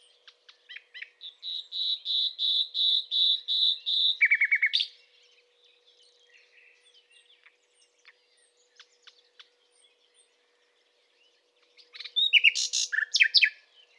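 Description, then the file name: Common nightingale song: a long run of loud, buzzy repeated notes, a short lower rapid series, a quiet pause with faint clicks, then another loud, complex burst. "Luscinia megarhynchos"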